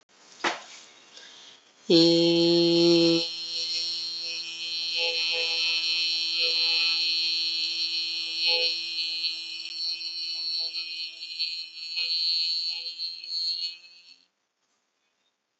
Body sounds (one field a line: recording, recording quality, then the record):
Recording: sustained vowel as in beet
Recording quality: excellent, no background noise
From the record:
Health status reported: healthy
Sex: female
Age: 41 years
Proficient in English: yes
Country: India